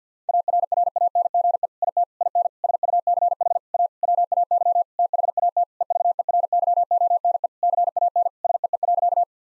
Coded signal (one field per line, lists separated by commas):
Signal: Morse code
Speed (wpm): 50 wpm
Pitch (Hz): 700 Hz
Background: none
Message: ARRANGE IT IN SUCH A WAY THAT EVERYONE CAN SEE.